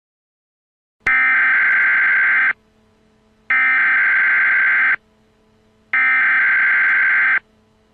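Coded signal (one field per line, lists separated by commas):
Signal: Emergency Alert System (SAME) tones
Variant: header bursts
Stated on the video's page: Prank nuclear bomb EAS alert, stated to contain valid EAS tones.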